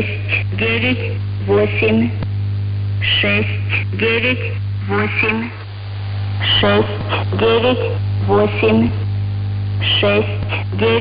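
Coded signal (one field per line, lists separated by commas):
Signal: numbers station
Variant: S06s Russian Lady, Russian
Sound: female voice reading short evenly spaced words in Russian over steady hum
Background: radio hum and static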